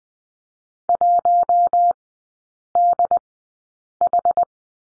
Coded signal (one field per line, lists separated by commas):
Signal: Morse code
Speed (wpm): 20 wpm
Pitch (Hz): 700 Hz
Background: none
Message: 1DH